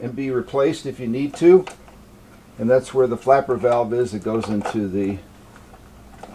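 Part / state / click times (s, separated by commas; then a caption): flexible suction hose into vacuum body receiver / seated / 6.2 s. Someone talks while the flexible, replaceable plastic suction tube of a Dewalt DCV517 cordless shop vacuum is pushed into its receiver on the vacuum body at the flapper valve. After the talking stops, a faint tick comes at 5.6 s, then a short, sharp tick at 6.2 s as the tube locks in place.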